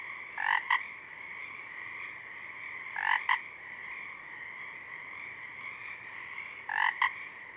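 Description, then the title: Pacific chorus frog giving three raspy two-note calls spaced a few seconds apart, over a continuous background chorus. A few small frogs singing at dusk, recorded through a parabolic reflector. "Pacific Chorus Frogs (Pseudacris regilla), dusk, Parabolic"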